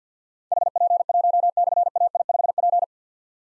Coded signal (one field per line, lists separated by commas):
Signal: Morse code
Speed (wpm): 47 wpm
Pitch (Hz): 700 Hz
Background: none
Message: HP1/AI5P